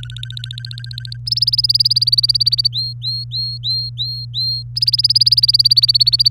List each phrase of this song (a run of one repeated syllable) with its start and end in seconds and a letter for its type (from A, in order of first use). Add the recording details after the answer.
0.00-1.17 A, 1.26-2.68 B, 2.73-4.63 C, 4.76-6.29 B. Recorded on 24 April 2018 at 18:14. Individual llb3